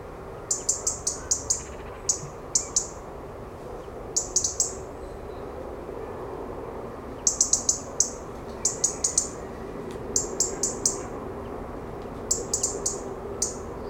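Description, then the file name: European robin calls: sharp, very high ticking notes with a thin whistled tail, given singly or in quick bursts of several, with pauses, over a steady low background rumble. "Erithacus rubecula"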